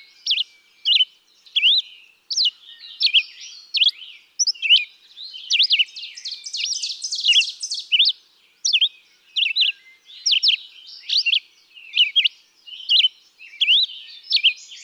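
Red-eyed vireo song: repeated short whistled phrases about every second, with a denser, scratchy passage midway.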